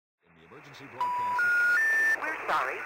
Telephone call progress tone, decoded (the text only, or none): special information tone